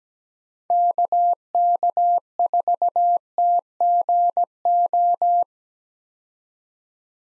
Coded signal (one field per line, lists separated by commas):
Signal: Morse code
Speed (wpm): 17 wpm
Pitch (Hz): 700 Hz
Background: none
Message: KK4TGO